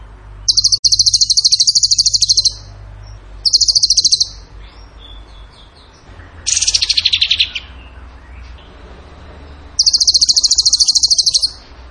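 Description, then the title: Bird song: high, fast rattling trills repeated with pauses, plus one lower, buzzier descending burst midway. Bird song in the tembakan gacor style, used as masteran (training for other birds). "Masteran Burung Tembakan Gacor"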